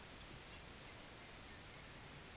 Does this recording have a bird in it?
no